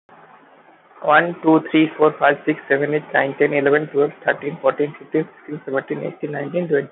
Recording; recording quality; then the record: counting at a fast pace; moderate, slight background noise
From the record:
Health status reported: healthy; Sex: male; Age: 20 years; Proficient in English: yes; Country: India